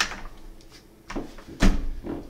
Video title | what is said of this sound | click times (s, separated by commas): TideWe Hunting Chair | and they pop into place and they spend 360 degrees and these | 0.0 s, 1.1 s